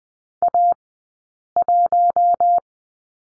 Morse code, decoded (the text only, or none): A1